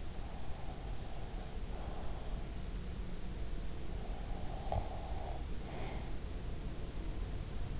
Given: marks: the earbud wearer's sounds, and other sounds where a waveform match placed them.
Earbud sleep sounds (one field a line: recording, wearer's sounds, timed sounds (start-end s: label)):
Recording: sounds in sleep by an in-ear microphone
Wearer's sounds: breath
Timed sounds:
0.00-3.04 s: breath
4.08-7.04 s: breath